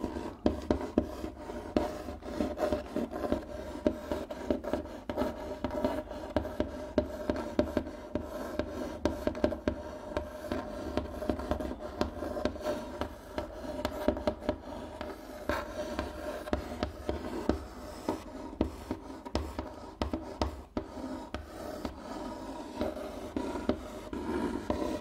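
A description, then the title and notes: Hands rub and scratch across a wooden table in a dense, continuous low rasp, broken by quick bright scrapes and taps throughout. ASMR Rubbing & Scratching on a Wooden Table Changing Patterns (NO TALKING).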